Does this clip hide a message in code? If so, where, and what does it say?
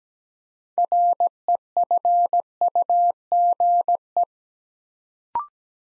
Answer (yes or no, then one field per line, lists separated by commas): yes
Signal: Morse code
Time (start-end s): 0.8-4.2 s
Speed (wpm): 17 wpm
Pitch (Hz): 700 Hz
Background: none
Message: REFUGE